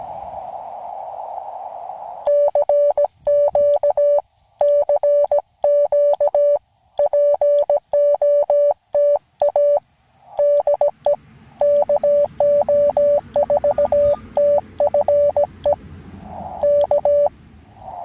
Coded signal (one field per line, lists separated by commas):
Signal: Morse code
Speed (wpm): 17 wpm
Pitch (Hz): 580 Hz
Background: none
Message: CQ CQ POTA DE KO4TFE K